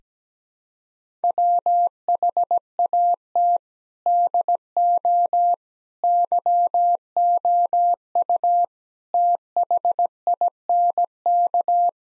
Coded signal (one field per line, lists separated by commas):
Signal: Morse code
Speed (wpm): 17 wpm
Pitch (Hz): 700 Hz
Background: none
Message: WHAT DO YOU THINK